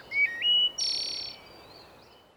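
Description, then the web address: Bird call beginning with a whistled note that steps down then up, followed by a brief buzzy burst, over a steady hiss. "bondar bird"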